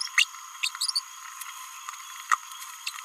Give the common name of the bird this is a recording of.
Green-rumped Parrotlet